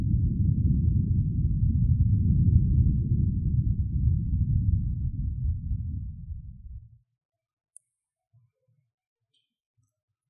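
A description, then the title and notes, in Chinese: Breath blown against the microphone makes a dense, deep, muffled rumble for the first seven seconds, steady at first and then thinning and fading out. Near silence follows, broken by a tiny click just before eight seconds and a few soft, low touches afterward. 吹氣&&撫摸麥克風。Ear Blowing & Mic Touching, Brushing。NO Talking。跟摸戴毛罩的麥克風的聲音很相似。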